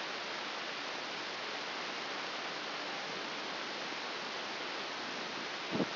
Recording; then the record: brain microelectrode recording played as sound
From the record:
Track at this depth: outside the subthalamic nucleus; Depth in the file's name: 5.898 mm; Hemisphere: left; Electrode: 2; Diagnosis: Parkinson's disease